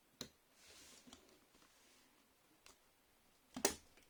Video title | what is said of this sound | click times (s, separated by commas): AMD Ryzen SFF PC Build for Noobs | Did you hear the click? | 3.6 s